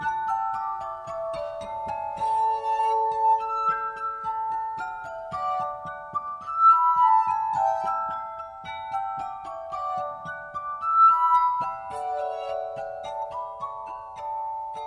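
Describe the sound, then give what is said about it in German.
Sustained, pure ringing tones from a glass harmonica of 26 drinking glasses tuned with spring water, overlapping in a slow, shimmering melody at steady moderate loudness, with no voices. “Er spielt selbst auf einer Glasharmonika, auf 26 mit Wasser unterschiedlich gefüllten Gläsern.”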